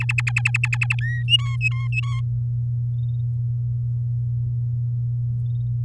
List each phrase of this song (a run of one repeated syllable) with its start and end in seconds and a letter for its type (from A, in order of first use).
0.00-0.95 A, 0.99-1.24 B, 1.28-2.21 C